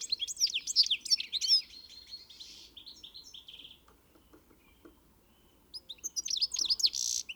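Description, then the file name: European goldfinch twittering: a lively burst of high liquid chirps, a quiet pause of about two seconds, then renewed twittering ending in a buzzy note. "Carduelis carduelis"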